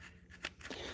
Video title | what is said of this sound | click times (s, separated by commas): Loco Rail Runners is live! decals and details | And if you look there, it just pops right in. | 0.4 s